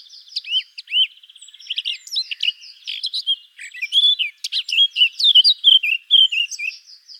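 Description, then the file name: Eurasian blackcap song: rapid scratchy twittering that breaks into clear, looping whistled phrases. "Sylvia atricapilla"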